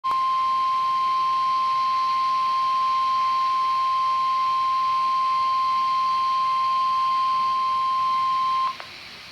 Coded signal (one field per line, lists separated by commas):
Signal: Emergency Alert System (SAME) tones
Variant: 1050 Hz attention tone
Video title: Environment Canada SVR (EAS #16)